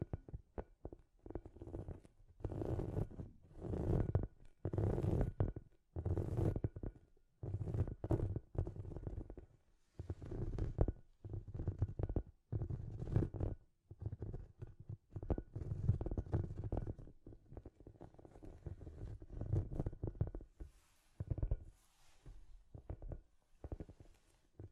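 Scratchy tapping in irregular bursts, each a rough, gritty scrape or rub lasting about half a second, with brief silences between. The sound sits mostly low and thick, with bright crackly edges on stronger strokes, and grows busier and more clustered after the middle.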